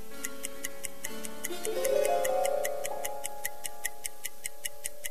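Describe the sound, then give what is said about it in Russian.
Steady, rapid mechanical ticking of a clockwork bomb in a sardine tin, in the streets of Petersburg, about five ticks a second, runs evenly over a low sustained tonal drone that swells briefly in the middle. “Время идет, а сардиница себе тикает.”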